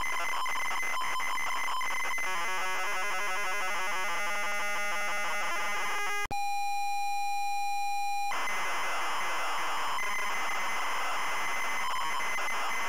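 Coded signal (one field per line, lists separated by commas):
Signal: ZX Spectrum tape loading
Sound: harsh warbling data, a click, a two-second steady pilot tone, then rough screeching data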